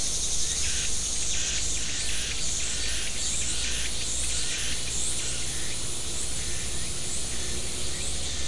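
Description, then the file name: Insects hold a continuous high-pitched shimmering drone, broken by faint pulsed bursts at irregular intervals over a low background hum. "mainly insect"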